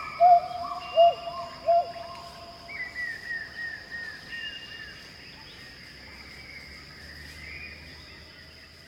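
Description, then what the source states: Pileated gibbon calls: three loud clear notes in quick succession, then softer wavering notes rising and falling, with insects buzzing steadily behind. Pileated gibbons at Khao Yai, 26 April 2016, 10:19:13.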